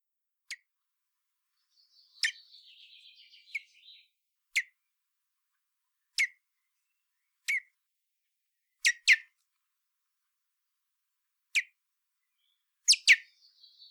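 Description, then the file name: Common blackbird uttering several hard, dry chink notes, some doubled, with a soft twittering trill early on. "Turdus merula"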